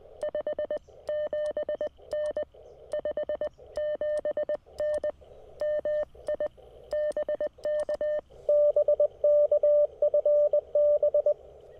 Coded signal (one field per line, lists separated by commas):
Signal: Morse code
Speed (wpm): 20 wpm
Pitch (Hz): 590 Hz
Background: radio noise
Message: 57N 57N MI BK BK FB